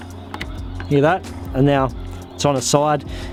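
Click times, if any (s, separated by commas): 0.3 s, 0.4 s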